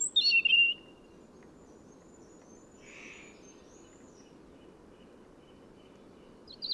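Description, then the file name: European robin: a sharp, high squeaky phrase sweeping between high pitches opens, a similar brief burst closes, with faint thin whistles and steady low hiss between. "Erithacus rubecula"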